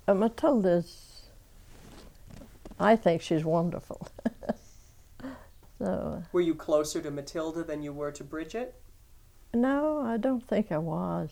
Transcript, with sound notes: Oh, Matilda is, I think she's wonderful. (she laughs)
Were you closer to Matilda than you were to Bridget?
No, I don't think I was.